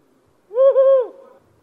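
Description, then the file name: Tawny owl hoot, a single clear hollow note of about half a second with a brief dip mid-way, followed by a faint tail fading out. "灰林鴞"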